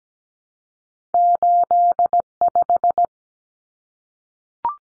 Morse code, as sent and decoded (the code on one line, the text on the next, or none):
---.. .....
85